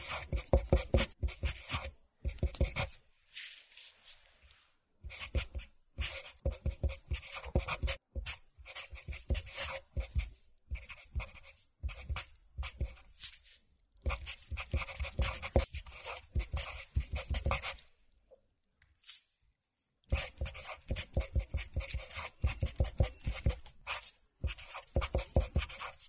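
A pencil scratches across paper in quick, dense bursts of strokes, each run lasting a few seconds before a brief pause. The scratching is bright, with a soft papery rasp, and near-silent gaps fall around 2, 5, 8, 12 and 18 seconds.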